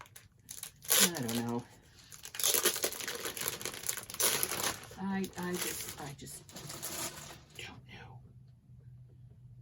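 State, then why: Not seated. A plastic plate or platform part is handled and fitted into a die-cutting machine, with crinkling and tearing sounds and several sharp knocks while someone talks. Nothing has seated or clicked yet; the clip ends just before the part goes home.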